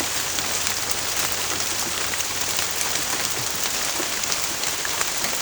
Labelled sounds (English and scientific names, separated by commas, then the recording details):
none
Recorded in secondary vegetation near Puerto Asís, Putumayo, Colombia, on 24 June 2025
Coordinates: 0.488, -76.319
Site G094